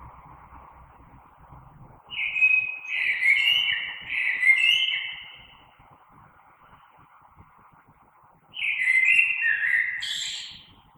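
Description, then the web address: Common blackbird: two leisurely warbled song phrases with squeaky high trills, separated by several seconds of quiet, over a low background hum. Recorded 3 March 2020. "oiseaux Merle 2020 03 03"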